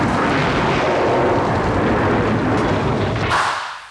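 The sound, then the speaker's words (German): A loud, rolling thunderclap rumbles through a storm with lightning and hail, a deep sustained roar lasting a few seconds before it fades away quickly at the end. No voices. “Tatsächlich, wie von Zauberhand, wieder diese Wolke, Blitz, Sturm und Hagel, Donnerschlag.”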